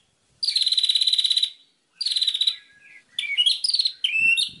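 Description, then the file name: White-rumped shama giving two harsh buzzy rattles, followed by a string of clear, stepping whistled notes. Masteran tutor song used for training birds. "suara masteran murai batu"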